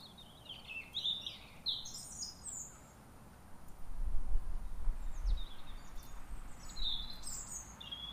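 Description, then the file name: European robin singing in short, scattered high squeaky phrases with pauses between, while a low rumble swells in the middle. "Erithacus rubecula"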